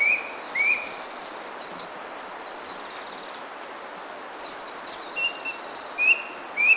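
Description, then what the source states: Brush cuckoo calling with short, rising whistled notes, two in quick succession at the start and more near the end, over a steady hiss of background noise. Recorded on Kitanglad, Philippines, in 2010.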